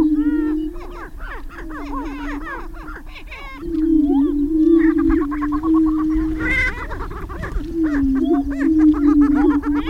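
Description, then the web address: Greater prairie chickens give a deep droning boom while many cackles and yelping whoops pile up, a loud cluster of calls breaking out near six and a half seconds. "Laura's Natural Sounds Greater Prairie Chicken"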